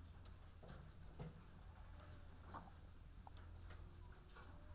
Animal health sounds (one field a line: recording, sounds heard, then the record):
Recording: poultry house recording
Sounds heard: sick chickens (respiratory disease)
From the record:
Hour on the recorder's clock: 13